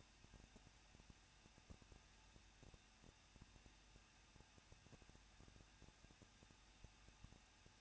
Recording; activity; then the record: daily activity, microphone in the room; no activity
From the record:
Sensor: 2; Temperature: 21.0 degrees Celsius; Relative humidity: 37.3%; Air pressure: 1006.3 hPa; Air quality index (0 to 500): 221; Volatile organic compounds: 23 ppm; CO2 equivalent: 2789 ppm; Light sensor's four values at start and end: 2/3/2/2 and 2/3/2/2